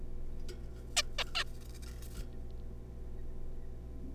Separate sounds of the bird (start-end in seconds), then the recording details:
0.97-1.02, 1.19-1.24, 1.35-1.44. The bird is a juvenile. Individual R3549